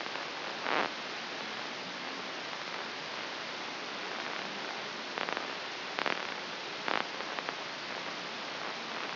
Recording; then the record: brain microelectrode recording played as sound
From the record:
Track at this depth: outside the subthalamic nucleus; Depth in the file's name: 7.505 mm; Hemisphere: left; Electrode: 3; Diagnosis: Parkinson's disease